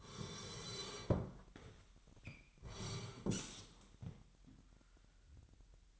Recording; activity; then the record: daily activity, microphone in the room; sit down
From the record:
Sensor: 3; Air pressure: 998.5 hPa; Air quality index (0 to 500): 126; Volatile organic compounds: 3 ppm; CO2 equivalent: 1504 ppm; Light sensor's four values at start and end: 9/21/9/10 and 8/19/8/8